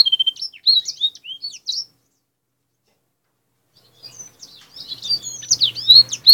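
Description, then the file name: Black-throated canary song in two bursts of quick high chirps and sweeps, broken by about two seconds of silence, with a faint low hum under the second burst. Black-throated canary song used as fill-in training material for canaries. "kenari isian blackthroat"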